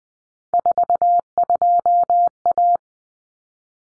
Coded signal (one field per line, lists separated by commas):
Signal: Morse code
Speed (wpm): 20 wpm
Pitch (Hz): 700 Hz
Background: none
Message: 42A